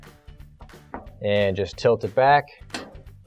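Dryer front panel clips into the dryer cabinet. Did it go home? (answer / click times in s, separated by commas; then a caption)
yes / 2.8 s. A Maytag dryer's metal front panel is tilted back onto the cabinet until its top clips engage, during reassembly after replacing the blower wheel clamp (WP312967, AP6007635). Someone talks, then one sharp hit is heard at 2.8 s as both clips snap into place and the front panel seats.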